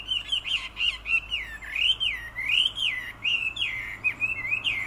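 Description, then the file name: Chinese hwamei song, a loud run of rich, slurred whistles rising and falling between phrases, varied and continuous, over a faint low hum. "Garrulax canorus"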